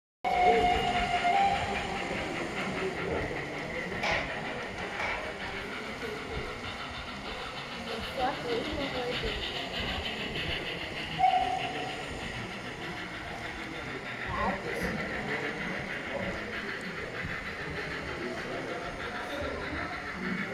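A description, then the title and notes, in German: A passenger train of the Steyrtal railway pulls into Leonstein station, its rumble dense and steady throughout. Brief squeals and clanks cut through around 4, 11 and 14 seconds, while faint voices sit beneath the continuous rolling noise. Im Bahnhof Leonstein fährt ein Personenzug der Steyrtalbahn ein. Ein Personenzug fährt in Bahnhof Leonstein ein.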